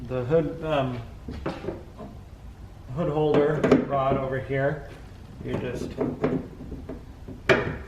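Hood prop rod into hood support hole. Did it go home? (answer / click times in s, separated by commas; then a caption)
yes / 7.5 s. On a 2019+ Kia Forte with the hood raised, the metal hood prop rod is swung up and its tip is pushed into the hole in the underside of the hood while someone talks. A sharp metallic hit at 7.5 s marks the rod locking into place, holding the hood up.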